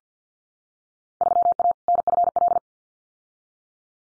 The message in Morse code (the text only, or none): 3A NFL